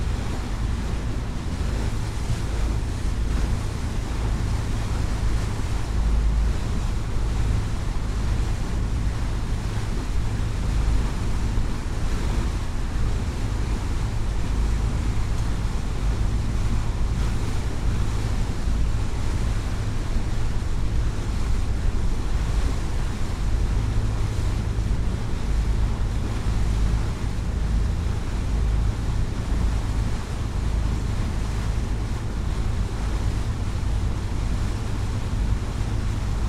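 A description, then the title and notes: Boat traffic passes through a narrow sea channel, heard as a deep, steady engine drone that holds without a break for the whole stretch. Wind and the wash of water fill in a dense, even hiss above the rumble, with no distinct single events standing out. Boarding point for the ferry to Vallisaari. On the island of Vallisaari, at the nearest point to the fortress on Suomenlinna, boats of all kinds vie with enormous ferries arriving from, and departing for Estonia, Åland and Sweden through what is known as the Gibraltar of the North. Recorded by Julian Weaver.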